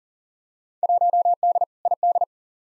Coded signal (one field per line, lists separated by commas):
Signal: Morse code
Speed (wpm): 40 wpm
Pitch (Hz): 700 Hz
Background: none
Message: 1D ID